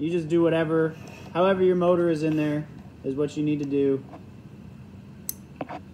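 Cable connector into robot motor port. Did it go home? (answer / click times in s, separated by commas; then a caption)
yes / 5.3 s. Someone talks for about the first four seconds. After a quiet pause, a cable connector is pushed into the port of the second, reversed-mounted robot motor with its clip facing up, and it latches with a sharp click at 5.3 s. A second, fainter tick follows at about 5.6 s, and the connector is seated.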